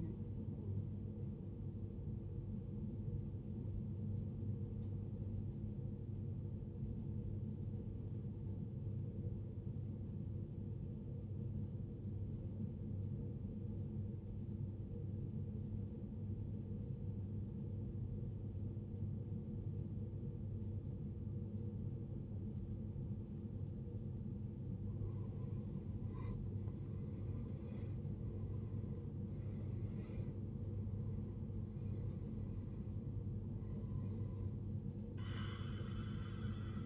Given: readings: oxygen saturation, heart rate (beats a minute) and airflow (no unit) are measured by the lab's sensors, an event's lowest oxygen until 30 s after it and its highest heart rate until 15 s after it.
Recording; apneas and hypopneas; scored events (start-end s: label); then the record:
breathing in sleep by a smartphone at the bedside; 1
5.00-35.00 s: new sleep stage, N1 (lightest sleep)
9.00-25.40 s: obstructive apnea (N1, oxygen 94% highest, then 83% lowest, heart rate 63 at the start, 77 highest)
35.00-36.86 s: new sleep stage, N2 (light sleep)
From the record:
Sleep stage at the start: N2 (light sleep); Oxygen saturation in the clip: 82 to 94%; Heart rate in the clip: 54 to 77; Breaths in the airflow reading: 4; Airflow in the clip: -14.8 to 15.0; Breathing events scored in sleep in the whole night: 389 in 6.3 hours asleep